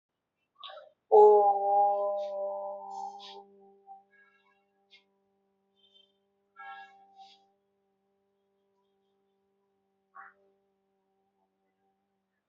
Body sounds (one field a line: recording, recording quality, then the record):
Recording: sustained vowel as in boot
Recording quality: moderate, slight background noise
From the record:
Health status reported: healthy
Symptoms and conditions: none ticked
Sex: female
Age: 25 years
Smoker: not ticked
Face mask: not worn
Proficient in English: yes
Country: India